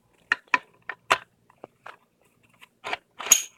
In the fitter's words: You hear the clicking sound.